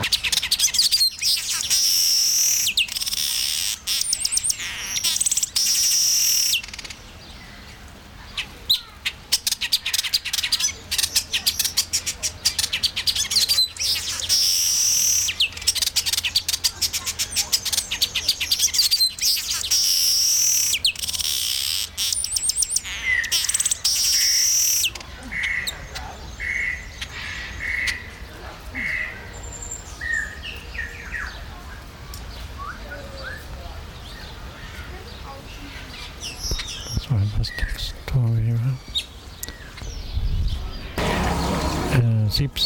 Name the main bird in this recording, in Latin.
Ploceus cucullatus